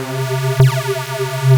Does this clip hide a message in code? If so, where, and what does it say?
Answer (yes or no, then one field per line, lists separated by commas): no